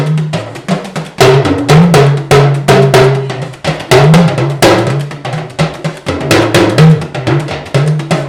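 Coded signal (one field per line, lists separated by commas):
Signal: talking drum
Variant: Yoruba dùndún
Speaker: So now, during that, you said more than the will. You put some small stuff inside. What did you say inside that? Àwọn báyẹ̀wò, àwọn àyànfẹ́ mi, àwọn lọ́lọ́ fún ẹnìkan tọrọ Ọlọ́run ò fún àwọn lọ́lọ́ fún ọmọ báyẹ̀wò. That I mention your name and I mention my name.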